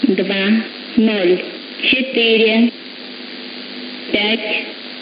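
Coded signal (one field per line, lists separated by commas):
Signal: numbers station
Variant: S06s Russian female voice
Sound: a woman's voice speaking short separate words with pauses, over radio hiss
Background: radio static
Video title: 20 01 2022 Number station S06s Russian Lady in Russian to Eu 0940 on 9540 unknown tx site in CUSB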